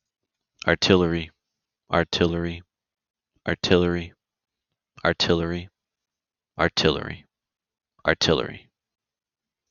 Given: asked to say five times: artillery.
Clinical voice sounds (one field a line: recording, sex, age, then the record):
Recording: repeated word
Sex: male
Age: 20 to 29 years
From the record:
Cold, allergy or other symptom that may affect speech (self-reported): no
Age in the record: 24 years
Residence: Florida, United States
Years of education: 14